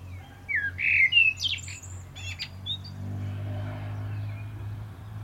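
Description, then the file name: Common blackbird singing: a short mellow fluted warble sliding into a high scratchy twitter, then quiet, with a steady low rumble underneath. "Turdus merula"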